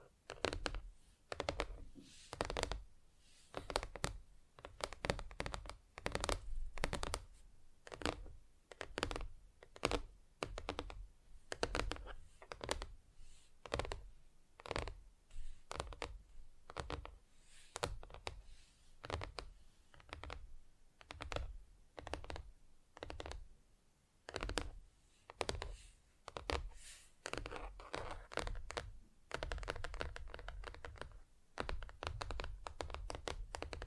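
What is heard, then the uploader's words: Tapping on different surfaces, with no talking, in quick irregular bursts of sharp clicks and knocks throughout. Some taps are crisp and bright, others duller with a low thud, clustering into fast flurries with brief pauses between. A faint low hum runs underneath. ASMR Just Tapping (Different Surfaces No Talking).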